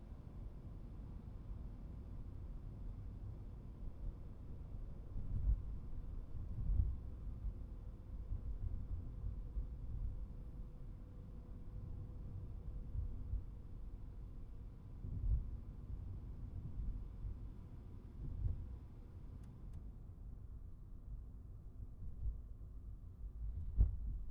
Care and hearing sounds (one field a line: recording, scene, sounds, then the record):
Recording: everyday scene through a hearing-aid microphone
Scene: in a vehicle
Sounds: engine, highway traffic jam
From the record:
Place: Skoda Fabia, gasoline engine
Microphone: behind the ear, right, front